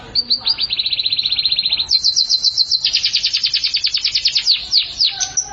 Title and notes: BM Suara Kenari. BM Suara Burung Kenari